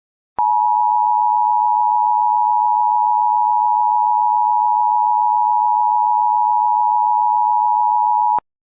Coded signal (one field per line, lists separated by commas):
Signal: Emergency Alert System (SAME) tones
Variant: 853 and 960 Hz attention tone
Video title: EAS Mock - Illinois Required Monthly Test (2015)